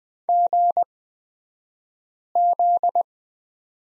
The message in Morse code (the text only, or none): GZ